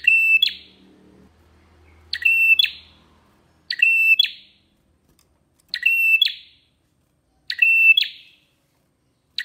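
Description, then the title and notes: Prinia giving repeated high phrases of rattling clicks and a flat whistle with an abrupt ending, about every two seconds; a faint low hum early on. Long-duration prinia sound used as therapy and tutoring material (masteran) for songbirds. "Masteran Terapi Prenjak Durasi Panjang. Burung Prenjak"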